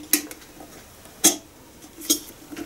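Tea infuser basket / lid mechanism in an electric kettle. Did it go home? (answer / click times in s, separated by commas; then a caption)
no / none. The tea infuser basket / lid mechanism of a Kitfort KT-679-1 electric tea kettle, with plastic and metal parts, is worked, giving three sharp, bright clacks near 0.1, 1.3 and 2.1 s with faint light ticks between them. Nothing has seated or clicked into place yet.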